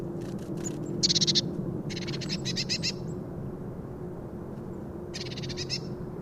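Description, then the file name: Eurasian blue tit giving harsh pulsed churrs in several bursts, each a fast stutter of buzzy notes, over a low background hum. "Cyanistes caeruleus"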